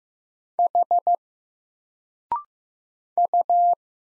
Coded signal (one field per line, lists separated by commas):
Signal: Morse code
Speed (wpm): 15 wpm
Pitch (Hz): 700 Hz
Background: none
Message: H U